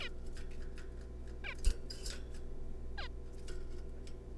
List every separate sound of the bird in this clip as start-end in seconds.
0.01-0.09, 1.44-1.53, 2.98-3.08